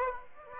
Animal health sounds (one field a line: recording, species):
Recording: mosquito wingbeat signal from an infrared sensor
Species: Aedes aegypti